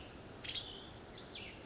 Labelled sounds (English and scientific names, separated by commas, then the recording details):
Western Tanager (Piranga ludoviciana)
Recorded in Sonoma County, California